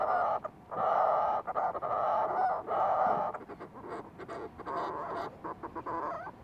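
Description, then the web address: Fulmar prion making long hoarse, humming calls, followed by softer stuttering notes and shorter calls. "sound fulmar-prion. صدای-پرنده-پریان-بدبو"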